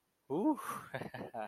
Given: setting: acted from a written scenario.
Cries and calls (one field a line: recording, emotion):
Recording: vocal sound without words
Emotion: pride